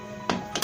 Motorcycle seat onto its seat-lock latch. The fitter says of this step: lagi nah ini kan gak mau diangkat Ya sudah terkunci kita